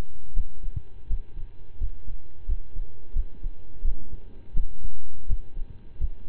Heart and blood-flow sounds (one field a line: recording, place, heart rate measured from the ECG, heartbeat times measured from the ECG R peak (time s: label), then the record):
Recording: heart sounds by stethoscope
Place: between the tricuspid and mitral areas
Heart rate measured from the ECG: 85 bpm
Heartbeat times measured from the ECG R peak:
0.33 s: heartbeat
1.06 s: heartbeat
1.77 s: heartbeat
2.45 s: heartbeat
3.12 s: heartbeat
3.81 s: heartbeat
4.53 s: heartbeat
5.26 s: heartbeat
5.97 s: heartbeat
From the record:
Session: slow and fast walking with breaks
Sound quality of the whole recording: saturated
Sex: male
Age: 25 years